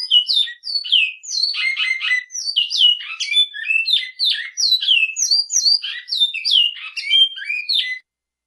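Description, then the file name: Great-billed seed finch singing a rich, rapid jumble of slurred whistles and sharp chirps that runs steadily before stopping abruptly near the end. "bicudo"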